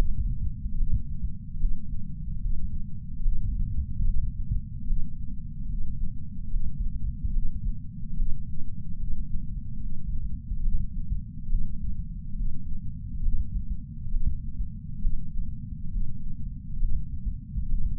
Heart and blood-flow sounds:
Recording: heart sounds by patch sensor on the chest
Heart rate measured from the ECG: 71 bpm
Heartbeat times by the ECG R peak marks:
0.76 s: heartbeat
1.59 s: heartbeat
2.41 s: heartbeat
3.21 s: heartbeat
4.03 s: heartbeat
4.86 s: heartbeat
5.68 s: heartbeat
6.49 s: heartbeat
7.32 s: heartbeat
8.15 s: heartbeat
8.98 s: heartbeat
9.79 s: heartbeat
10.61 s: heartbeat
11.48 s: heartbeat
12.35 s: heartbeat
13.22 s: heartbeat
14.10 s: heartbeat
15.00 s: heartbeat
15.90 s: heartbeat
16.78 s: heartbeat
17.67 s: heartbeat
From the record:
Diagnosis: coronary artery disease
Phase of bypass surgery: preoperative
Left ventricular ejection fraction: 61.7%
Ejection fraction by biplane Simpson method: 55%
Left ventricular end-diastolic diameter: 51 mm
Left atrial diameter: 36 mm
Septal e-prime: 7.9 cm/s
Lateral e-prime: 10.3 cm/s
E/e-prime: 9.8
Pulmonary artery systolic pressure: 23 mmHg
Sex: male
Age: 58 years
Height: 160 cm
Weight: 70 kg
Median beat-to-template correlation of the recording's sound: 0.83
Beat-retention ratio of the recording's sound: 0.99

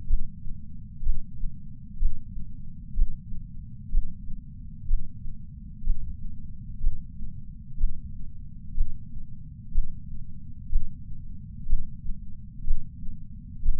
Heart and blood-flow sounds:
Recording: heart sounds by patch sensor on the chest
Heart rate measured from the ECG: 62 bpm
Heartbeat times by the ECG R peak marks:
0.07 s: heartbeat
1.03 s: heartbeat
1.98 s: heartbeat
2.95 s: heartbeat
3.91 s: heartbeat
4.87 s: heartbeat
5.84 s: heartbeat
6.81 s: heartbeat
7.78 s: heartbeat
8.75 s: heartbeat
9.72 s: heartbeat
10.70 s: heartbeat
11.67 s: heartbeat
12.65 s: heartbeat
13.63 s: heartbeat
From the record:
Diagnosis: coronary artery disease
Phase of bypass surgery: intraoperative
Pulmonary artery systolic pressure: 26 mmHg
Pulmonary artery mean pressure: 20 mmHg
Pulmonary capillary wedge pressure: 11 mmHg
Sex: female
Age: 69 years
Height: 148 cm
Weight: 51 kg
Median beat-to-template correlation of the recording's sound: 0.86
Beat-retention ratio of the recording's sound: 0.99

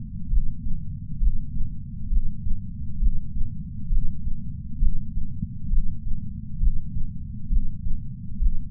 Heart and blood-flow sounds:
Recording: heart sounds by patch sensor on the chest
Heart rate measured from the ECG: 67 bpm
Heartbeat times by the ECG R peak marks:
0.29 s: heartbeat
1.19 s: heartbeat
2.09 s: heartbeat
2.99 s: heartbeat
3.89 s: heartbeat
4.79 s: heartbeat
5.69 s: heartbeat
6.59 s: heartbeat
7.49 s: heartbeat
8.39 s: heartbeat
From the record:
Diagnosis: coronary artery disease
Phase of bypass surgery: intraoperative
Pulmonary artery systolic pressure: 24 mmHg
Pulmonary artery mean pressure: 16 mmHg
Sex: male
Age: 58 years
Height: 170 cm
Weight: 80 kg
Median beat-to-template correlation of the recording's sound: 0.91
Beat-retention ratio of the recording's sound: 0.99

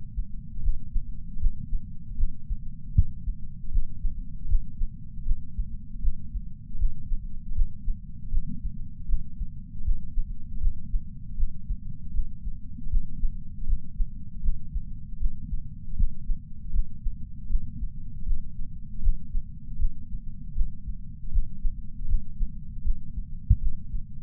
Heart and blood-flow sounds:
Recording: heart sounds by patch sensor on the chest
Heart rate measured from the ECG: 78 bpm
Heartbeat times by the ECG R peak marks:
0.62 s: heartbeat
1.39 s: heartbeat
2.17 s: heartbeat
2.94 s: heartbeat
3.71 s: heartbeat
4.47 s: heartbeat
5.25 s: heartbeat
6.01 s: heartbeat
6.78 s: heartbeat
7.54 s: heartbeat
8.30 s: heartbeat
9.07 s: heartbeat
9.83 s: heartbeat
10.60 s: heartbeat
11.36 s: heartbeat
12.13 s: heartbeat
12.89 s: heartbeat
13.66 s: heartbeat
14.42 s: heartbeat
15.19 s: heartbeat
15.96 s: heartbeat
16.72 s: heartbeat
17.49 s: heartbeat
18.25 s: heartbeat
19.01 s: heartbeat
19.78 s: heartbeat
20.54 s: heartbeat
21.31 s: heartbeat
22.07 s: heartbeat
22.84 s: heartbeat
23.60 s: heartbeat
From the record:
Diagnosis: coronary artery disease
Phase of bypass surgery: postoperative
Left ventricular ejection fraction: 62.4%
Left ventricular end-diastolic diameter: 42 mm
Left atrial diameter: 36 mm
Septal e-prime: 5.8 cm/s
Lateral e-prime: 9.2 cm/s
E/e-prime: 7.3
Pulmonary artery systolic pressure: 36 mmHg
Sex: male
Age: 59 years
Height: 162 cm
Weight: 60 kg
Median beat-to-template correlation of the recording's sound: 0.83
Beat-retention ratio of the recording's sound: 0.99

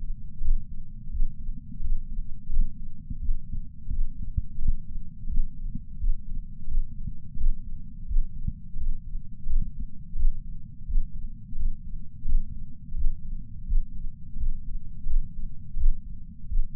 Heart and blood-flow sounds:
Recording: heart sounds by patch sensor on the chest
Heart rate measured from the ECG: 86 bpm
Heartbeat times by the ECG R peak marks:
0.41 s: heartbeat
1.10 s: heartbeat
1.80 s: heartbeat
2.49 s: heartbeat
3.18 s: heartbeat
3.89 s: heartbeat
4.58 s: heartbeat
5.27 s: heartbeat
5.97 s: heartbeat
6.67 s: heartbeat
7.36 s: heartbeat
8.06 s: heartbeat
8.76 s: heartbeat
9.46 s: heartbeat
10.15 s: heartbeat
10.85 s: heartbeat
11.55 s: heartbeat
12.25 s: heartbeat
12.94 s: heartbeat
13.65 s: heartbeat
14.36 s: heartbeat
15.06 s: heartbeat
15.76 s: heartbeat
16.47 s: heartbeat
From the record:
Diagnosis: coronary artery disease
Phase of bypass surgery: postoperative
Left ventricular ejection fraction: 60%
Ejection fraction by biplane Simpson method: 61.8%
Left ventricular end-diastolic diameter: 47 mm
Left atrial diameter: 40 mm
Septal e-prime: 4.5 cm/s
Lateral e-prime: 6.3 cm/s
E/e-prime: 20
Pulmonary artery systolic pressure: 28 mmHg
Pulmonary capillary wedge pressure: 14 mmHg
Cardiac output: 5.9 L/min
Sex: male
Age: 62 years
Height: 165 cm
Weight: 72 kg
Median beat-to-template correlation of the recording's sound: 0.87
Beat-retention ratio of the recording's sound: 1.00

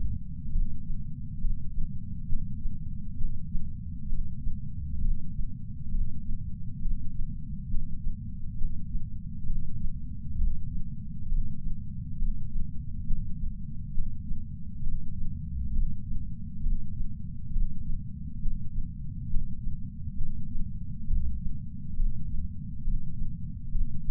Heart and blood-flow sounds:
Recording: heart sounds by patch sensor on the chest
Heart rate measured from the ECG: 67 bpm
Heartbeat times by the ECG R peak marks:
0.52 s: heartbeat
1.41 s: heartbeat
2.29 s: heartbeat
3.18 s: heartbeat
4.09 s: heartbeat
5.01 s: heartbeat
5.91 s: heartbeat
6.83 s: heartbeat
7.71 s: heartbeat
8.58 s: heartbeat
9.46 s: heartbeat
10.38 s: heartbeat
11.29 s: heartbeat
12.19 s: heartbeat
13.07 s: heartbeat
13.94 s: heartbeat
14.83 s: heartbeat
15.73 s: heartbeat
16.63 s: heartbeat
17.53 s: heartbeat
18.42 s: heartbeat
19.30 s: heartbeat
20.17 s: heartbeat
21.07 s: heartbeat
21.96 s: heartbeat
22.84 s: heartbeat
23.72 s: heartbeat
From the record:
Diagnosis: coronary artery disease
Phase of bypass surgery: preoperative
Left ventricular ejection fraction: 50.2%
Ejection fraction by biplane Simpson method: 54%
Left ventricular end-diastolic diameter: 54 mm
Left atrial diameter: 42 mm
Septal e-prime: 4.1 cm/s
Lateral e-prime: 7.1 cm/s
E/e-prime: 7.2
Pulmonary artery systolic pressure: 19 mmHg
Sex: male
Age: 60 years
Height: 170 cm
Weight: 103 kg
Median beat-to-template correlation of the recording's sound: 0.82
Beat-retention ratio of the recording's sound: 0.99

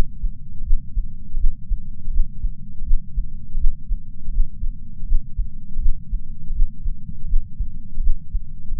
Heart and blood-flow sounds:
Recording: heart sounds by patch sensor on the chest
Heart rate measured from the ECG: 81 bpm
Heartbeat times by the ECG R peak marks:
0.65 s: heartbeat
1.38 s: heartbeat
2.11 s: heartbeat
2.85 s: heartbeat
3.59 s: heartbeat
4.32 s: heartbeat
5.06 s: heartbeat
5.80 s: heartbeat
6.54 s: heartbeat
7.28 s: heartbeat
8.02 s: heartbeat
8.75 s: heartbeat
From the record:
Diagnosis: coronary artery disease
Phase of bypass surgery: postoperative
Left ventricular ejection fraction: 56.9%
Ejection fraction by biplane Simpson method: 47.5%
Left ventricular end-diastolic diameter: 47 mm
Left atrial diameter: 37 mm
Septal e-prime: 6 cm/s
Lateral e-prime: 7.9 cm/s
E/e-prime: 12.2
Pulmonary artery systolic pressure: 37 mmHg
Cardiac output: 5.2 L/min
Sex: female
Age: 68 years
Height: 161 cm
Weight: 66.6 kg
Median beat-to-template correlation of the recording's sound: 0.94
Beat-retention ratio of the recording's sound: 0.98

